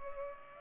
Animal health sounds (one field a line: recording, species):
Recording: mosquito wingbeat signal from an infrared sensor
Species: Culex pipiens